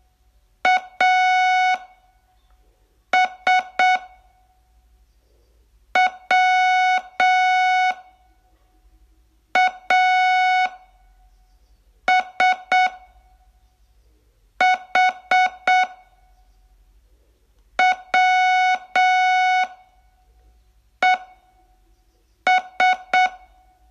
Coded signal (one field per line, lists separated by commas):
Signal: Morse code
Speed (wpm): 7 wpm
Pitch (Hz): 740 Hz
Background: none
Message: AS WASH WES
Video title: Learn Morse in 42 Days from VU2LAU - day 9